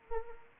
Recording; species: mosquito wingbeat signal from an infrared sensor; Anopheles arabiensis